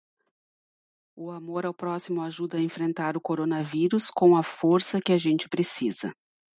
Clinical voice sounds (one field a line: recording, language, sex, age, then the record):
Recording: spoken sentence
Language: Brazilian Portuguese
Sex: female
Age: 40 to 49 years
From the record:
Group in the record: control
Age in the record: 47 years